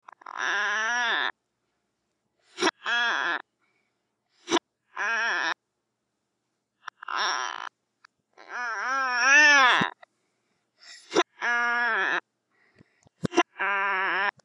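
About seven rhythmic, high-pitched wailing cries from a baby, each lasting under a second to about a second and a half, separated by brief silent pauses for breath. Each cry has a clear, strong, tonal quality that rises and falls. This is typical infant crying, a sound effect.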